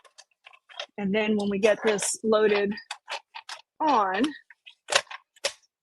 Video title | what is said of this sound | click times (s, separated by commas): Stop Fighting Your Hoop — This Changes Everything - Stitch Nation LIVE | you hear that click. | 5.0 s, 5.4 s